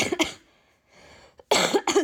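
An adult woman gives two quick bouts of harsh, forceful coughing separated by a brief pause, part of a severe coughing fit.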